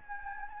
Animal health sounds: mosquito wingbeat signal from an infrared sensor; Anopheles gambiae

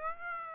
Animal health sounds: mosquito wingbeat signal from an infrared sensor; Aedes aegypti

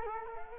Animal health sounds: mosquito wingbeat signal from an infrared sensor; Culex quinquefasciatus

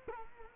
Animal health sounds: mosquito wingbeat signal from an infrared sensor; Culex quinquefasciatus

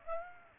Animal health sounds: mosquito wingbeat signal from an infrared sensor; Aedes aegypti

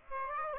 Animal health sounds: mosquito wingbeat signal from an infrared sensor; Aedes aegypti

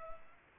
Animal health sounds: mosquito wingbeat signal from an infrared sensor; Culex pipiens

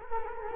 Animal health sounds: mosquito wingbeat signal from an infrared sensor; Culex quinquefasciatus

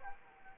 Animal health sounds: mosquito wingbeat signal from an infrared sensor; Anopheles arabiensis

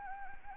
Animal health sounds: mosquito wingbeat signal from an infrared sensor; Anopheles gambiae

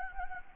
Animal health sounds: mosquito wingbeat signal from an infrared sensor; Anopheles gambiae

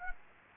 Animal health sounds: mosquito wingbeat signal from an infrared sensor; Aedes aegypti

